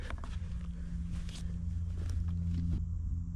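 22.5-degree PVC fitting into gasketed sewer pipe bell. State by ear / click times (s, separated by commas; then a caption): not seated / none. A 22.5-degree PVC sewer fitting is handled just before being forced into the gasketed bell of a sewer pipe, a bell shallower than a regular one. A steady low hum runs under scuffing and knocking handling noises, with a brief sharp tap at 0.1 s. Nothing has seated or clicked yet.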